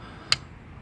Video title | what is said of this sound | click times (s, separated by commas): 2017 Husqvarna 701 Supermoto Oil Change How To | Hear that click? | 0.3 s